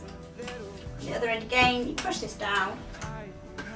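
A plastic section of a Black & Decker Ora 21.6v cordless vacuum is pushed down into the opposite end of the vacuum body while someone talks over background music. The part is handled but not yet home, and nothing has clicked or seated yet.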